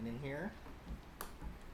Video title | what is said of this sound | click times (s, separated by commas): Mid Range PC Build Video | there's another click so you do the same with the other Ram | 1.2 s